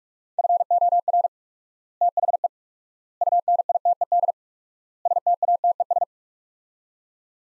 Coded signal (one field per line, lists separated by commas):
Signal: Morse code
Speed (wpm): 42 wpm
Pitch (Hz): 700 Hz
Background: none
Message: FOR THE UNITED STATES